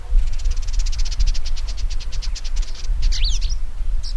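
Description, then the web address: Purple indigobird song: a rapid, steady series of short dry ticking notes for nearly three seconds, then a quick jumble of sharp slurred whistles, over low rumble. "Indigobird Song Vidua purpurascens"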